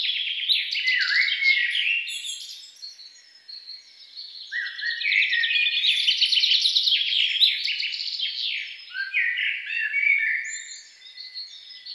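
Songbird singing rapid, jumbled phrases of chirps and trills, with a dip near three seconds before bursts of dense twittering resume.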